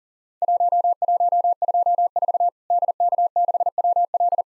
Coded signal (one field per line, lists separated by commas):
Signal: Morse code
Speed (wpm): 40 wpm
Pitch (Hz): 700 Hz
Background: none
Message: 1124 DK6WL